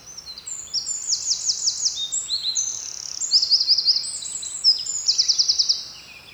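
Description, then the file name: Eurasian wren singing: piercing, rapid chatter interwoven with three quick rattling trills, sustained throughout. "Troglodytes troglodytes"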